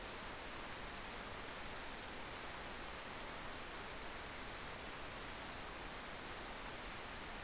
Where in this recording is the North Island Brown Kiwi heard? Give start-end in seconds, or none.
none